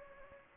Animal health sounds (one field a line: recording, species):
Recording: mosquito wingbeat signal from an infrared sensor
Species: Anopheles gambiae